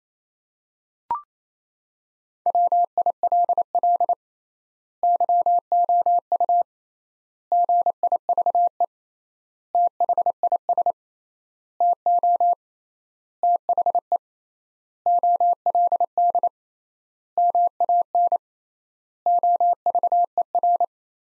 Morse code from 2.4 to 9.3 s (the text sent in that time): WILL YOU GIVE